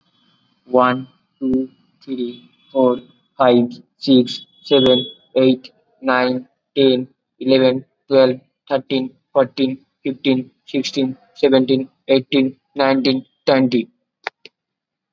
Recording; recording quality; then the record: counting at a normal pace; excellent, no background noise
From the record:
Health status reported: COVID-19 positive, no symptoms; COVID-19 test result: positive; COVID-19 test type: RT-PCR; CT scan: not taken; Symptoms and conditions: sore throat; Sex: male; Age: 18 years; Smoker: no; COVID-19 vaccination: one dose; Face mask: worn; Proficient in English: no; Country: India